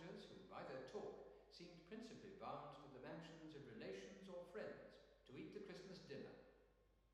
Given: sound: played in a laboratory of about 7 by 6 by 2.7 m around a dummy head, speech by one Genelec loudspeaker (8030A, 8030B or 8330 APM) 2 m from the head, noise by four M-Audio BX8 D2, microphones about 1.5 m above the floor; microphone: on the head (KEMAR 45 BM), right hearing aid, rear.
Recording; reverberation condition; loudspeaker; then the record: male speech in English; high; 90 degrees to the right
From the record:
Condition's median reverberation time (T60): about 1300 ms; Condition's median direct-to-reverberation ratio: about -4.0 dB